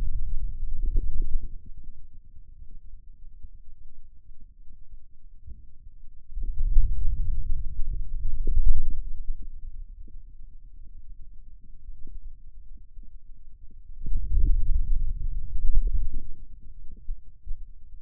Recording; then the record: forearm muscle sounds (acoustic myography)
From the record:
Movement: wrist extension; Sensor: system 2, bracelet of six BSWA MPA416 microphones around the upper forearm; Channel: 3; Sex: male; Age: 22 years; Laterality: right